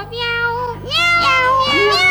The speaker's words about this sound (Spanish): ¿Quién está ahí? Otro gato. Miau. Miau, ¿quién está ahí? Otro gato peludo. Miau, miau, miau, miau, miau.